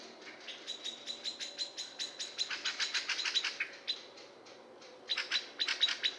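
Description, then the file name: Common blackbird uttering a steady series of sharp clicks that speed up into a dense rattle, pause, then resume. "Turdus merula"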